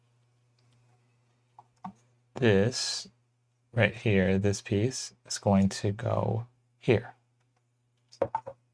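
A plastic LEGO piece is being positioned on a brick-built LEGO Walt Disney Tribute Camera 43230 model, to be pressed into place. Someone talks while faint handling clicks sound around 1.6–1.9 s and sharper taps near 8.2–8.4 s. Nothing has seated or clicked into place yet.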